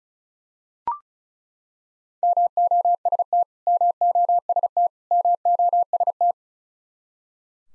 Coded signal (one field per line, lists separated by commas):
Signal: Morse code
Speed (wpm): 36 wpm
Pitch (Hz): 700 Hz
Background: none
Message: MOST MOST MOST